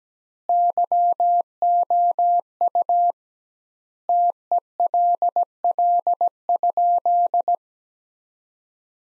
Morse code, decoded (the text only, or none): YOU TELL?